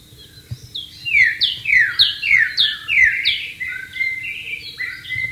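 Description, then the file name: White-rumped shama song, a string of sweeping descending whistles at a steady pace, then level and rising whistled notes. Wild bird, recorded in the wild. "suara burung murai batu di alam liar"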